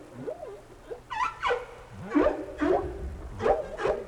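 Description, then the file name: Whale calls: short wavering tonal cries and rough pulsed bursts, repeated several times in quick succession. "tower whales"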